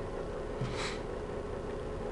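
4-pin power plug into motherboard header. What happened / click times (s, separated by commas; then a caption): The power plug is handled but has not clicked into place yet / none. A stiff, brand-new 4-pin CPU power plug is worked toward the motherboard header while the back of the computer is supported, with a brief soft rustle of handling around 0.6 to 1.0 seconds over a steady low hum. Nothing has seated or clicked yet.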